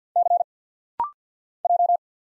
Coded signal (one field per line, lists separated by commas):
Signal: Morse code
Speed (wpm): 50 wpm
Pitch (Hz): 700 Hz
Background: none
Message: C J